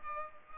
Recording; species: mosquito wingbeat signal from an infrared sensor; Culex pipiens